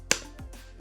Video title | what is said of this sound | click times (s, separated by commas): Walking Through the DJI OM5 with Atola Visuals | and i just love this snap sound it's just so fun | 0.1 s